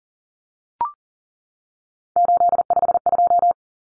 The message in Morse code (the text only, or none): 852